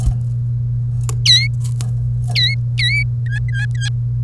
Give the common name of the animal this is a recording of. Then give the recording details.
Domestic Canary. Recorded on 1 May 2018 at 08:40. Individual llb3